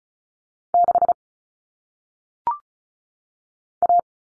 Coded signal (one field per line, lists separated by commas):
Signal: Morse code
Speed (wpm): 36 wpm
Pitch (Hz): 700 Hz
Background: none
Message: 6 A